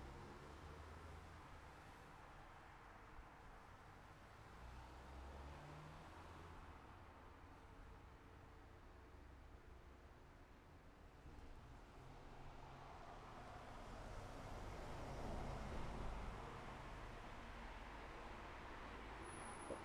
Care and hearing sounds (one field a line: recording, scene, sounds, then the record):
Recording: everyday scene through a hearing-aid microphone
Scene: in traffic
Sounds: traffic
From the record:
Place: city secondary road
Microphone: behind the ear, left, rear